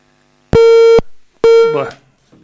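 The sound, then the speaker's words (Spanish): A steady, loud busy tone from a cut-off phone line sounds in two short beeps, each about half a second with a brief gap between, the second one trailing into a burst of voice. “Se nos volvió a cortar.”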